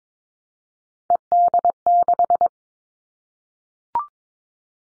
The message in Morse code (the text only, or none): ED6